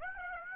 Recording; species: mosquito wingbeat signal from an infrared sensor; Aedes aegypti